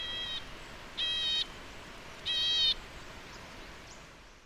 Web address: White cheeked Nuthatch Sitta leucopsis. white cheeked nuthatch call